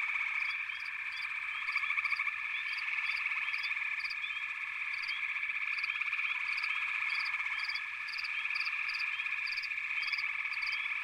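Frog chorus of many overlapping callers, steady high trilling with short chirps and repeated pulsed notes layered on top throughout.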